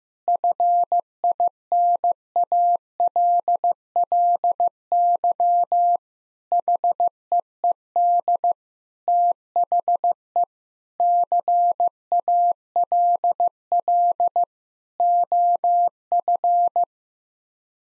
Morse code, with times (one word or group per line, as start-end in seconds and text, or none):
0.3-6.0 FINALLY
6.5-8.5 HEED
9.1-10.4 THE
11.0-14.4 CALL
15.0-16.8 OF